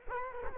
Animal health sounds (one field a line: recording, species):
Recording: mosquito wingbeat signal from an infrared sensor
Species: Culex quinquefasciatus